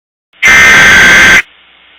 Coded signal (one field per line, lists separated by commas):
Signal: Emergency Alert System (SAME) tones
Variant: header bursts